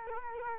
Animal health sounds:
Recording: mosquito wingbeat signal from an infrared sensor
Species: Culex quinquefasciatus

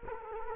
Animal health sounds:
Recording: mosquito wingbeat signal from an infrared sensor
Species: Culex quinquefasciatus

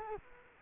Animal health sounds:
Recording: mosquito wingbeat signal from an infrared sensor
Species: Culex quinquefasciatus

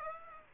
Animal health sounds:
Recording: mosquito wingbeat signal from an infrared sensor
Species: Aedes aegypti

